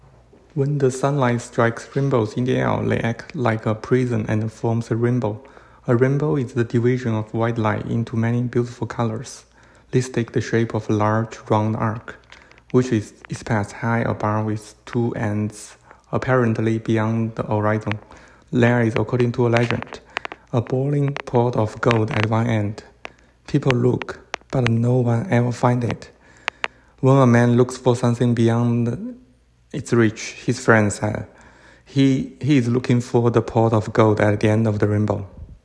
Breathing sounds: reading aloud after running; male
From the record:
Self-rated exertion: light exertion (2 of 6); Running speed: 7 miles an hour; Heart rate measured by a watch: 90 beats a minute at the start, 91 at the end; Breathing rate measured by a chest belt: 25 breaths a minute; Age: 37 years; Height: 174 cm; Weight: 76 kg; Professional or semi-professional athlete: no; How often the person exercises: over 5 times a week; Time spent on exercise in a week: over 5 hours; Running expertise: yes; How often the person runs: 3 to 5 times a week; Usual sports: running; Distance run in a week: 70 km

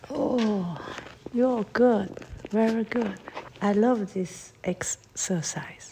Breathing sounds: free speech after running; female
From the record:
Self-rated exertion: moderate exertion (3 of 6); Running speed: 8 miles an hour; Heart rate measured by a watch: 109 beats a minute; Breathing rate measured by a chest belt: 20 breaths a minute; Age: 55 years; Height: 157 cm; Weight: 48 kg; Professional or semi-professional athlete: yes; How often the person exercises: every day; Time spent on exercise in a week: over 5 hours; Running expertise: yes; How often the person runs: 3 to 5 times a week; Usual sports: running, swimming, yoga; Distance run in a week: 40 miles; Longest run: 20 miles

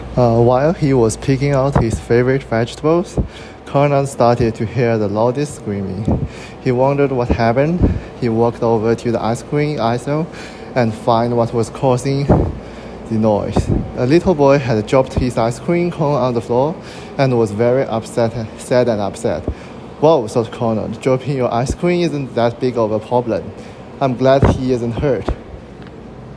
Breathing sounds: reading aloud after running; male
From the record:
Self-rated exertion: vigorous exertion (4 of 6); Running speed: 9 miles an hour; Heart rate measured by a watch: 83 beats a minute at the start, 104 at the end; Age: 23 years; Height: 172 cm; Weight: 73 kg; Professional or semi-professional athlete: no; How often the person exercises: 3 to 5 times a week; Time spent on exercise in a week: over 5 hours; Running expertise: yes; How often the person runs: 3 to 5 times a week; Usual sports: running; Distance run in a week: 40 km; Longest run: 20 km

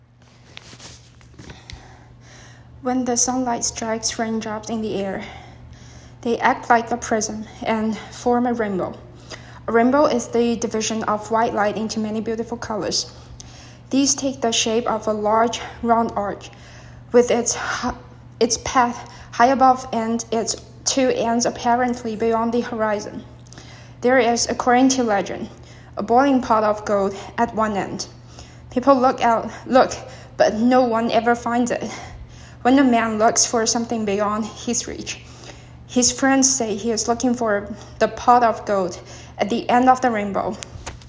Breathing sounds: reading aloud after running; female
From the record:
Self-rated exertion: moderate exertion (3 of 6); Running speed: 7 miles an hour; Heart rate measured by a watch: 116 beats a minute at the start, 111 at the end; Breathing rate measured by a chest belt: 21 breaths a minute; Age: 24 years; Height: 163 cm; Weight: 52 kg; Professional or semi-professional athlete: no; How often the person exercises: 1 to 2 times a week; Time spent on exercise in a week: under 1 hour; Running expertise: no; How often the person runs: 1 to 2 times a week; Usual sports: interval training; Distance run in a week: 5 km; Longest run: 3 km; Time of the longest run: 30 minutes

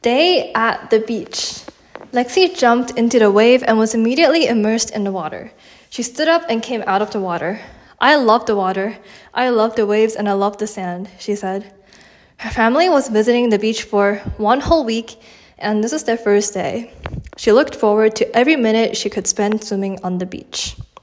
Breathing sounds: reading aloud after running; female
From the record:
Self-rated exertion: vigorous exertion (4 of 6); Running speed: 7 miles an hour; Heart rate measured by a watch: 96 beats a minute at the start, 100 at the end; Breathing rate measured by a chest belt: 28 breaths a minute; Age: 18 years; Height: 167 cm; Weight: 50 kg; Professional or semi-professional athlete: no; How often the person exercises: 1 to 2 times a week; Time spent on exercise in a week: 1 to 2 hours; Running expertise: no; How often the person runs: 1 to 2 times a week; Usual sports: running, walking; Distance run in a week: 1 to 2 km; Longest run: 6 km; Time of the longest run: 34 minutes

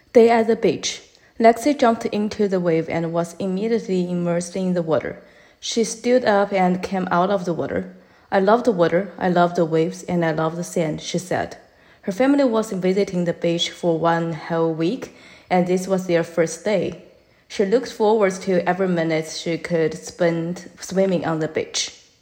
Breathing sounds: reading aloud after running; female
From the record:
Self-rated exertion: moderate exertion (3 of 6); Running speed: 7 miles an hour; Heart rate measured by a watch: 127 beats a minute at the start, 130 at the end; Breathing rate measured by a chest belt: 21 breaths a minute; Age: 28 years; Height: 155 cm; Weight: 44 kg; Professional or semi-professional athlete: no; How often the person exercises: 3 to 5 times a week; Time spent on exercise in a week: over 5 hours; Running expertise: yes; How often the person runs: 3 to 5 times a week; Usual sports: running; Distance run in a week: 45 km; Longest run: 32 km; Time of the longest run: 200 minutes

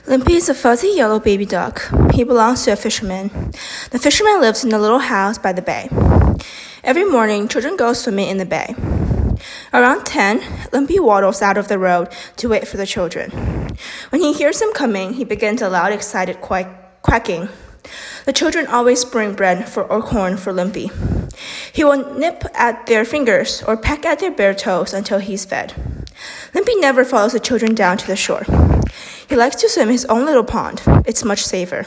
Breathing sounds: reading aloud after running; female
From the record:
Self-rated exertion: vigorous exertion (4 of 6); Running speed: 6 miles an hour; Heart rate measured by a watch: 173 beats a minute at the start, 163 at the end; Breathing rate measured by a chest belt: 23 breaths a minute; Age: 18 years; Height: 171 cm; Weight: 75 kg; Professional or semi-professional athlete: no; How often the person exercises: 1 to 2 times a week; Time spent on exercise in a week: under 1 hour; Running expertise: no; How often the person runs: 1 to 2 times a week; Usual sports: running, fencing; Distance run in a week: 3 km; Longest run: 21.3 km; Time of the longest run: 190 minutes

